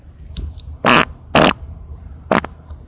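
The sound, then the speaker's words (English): A string of raspy, sputtering farts: two loud, sustained blasts close together, then a shorter one, with a faint puff at the start. No voices. “Farted on you.”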